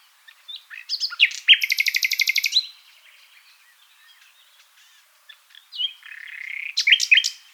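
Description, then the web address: Common nightingale delivering a rich phrase: sharp chirps, a fast churring rattle, a soft interlude, then a drawn whistled note and a few sharp notes. "songs luscinia megarhynchos call"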